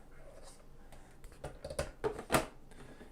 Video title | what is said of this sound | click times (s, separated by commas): Comfee Juicer - Making Apple Cider. Unboxing & Review! | that just turns to snap into place | 2.3 s